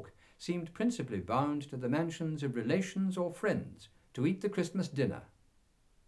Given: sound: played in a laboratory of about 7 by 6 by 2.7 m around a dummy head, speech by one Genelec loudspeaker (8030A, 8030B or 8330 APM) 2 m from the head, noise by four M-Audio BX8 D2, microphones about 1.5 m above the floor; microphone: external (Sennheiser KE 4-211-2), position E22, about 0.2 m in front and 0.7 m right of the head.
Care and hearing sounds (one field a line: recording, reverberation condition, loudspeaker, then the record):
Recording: male speech in English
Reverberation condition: low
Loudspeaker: 60 degrees to the right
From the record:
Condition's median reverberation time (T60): about 310 ms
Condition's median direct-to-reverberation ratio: about 3.5 dB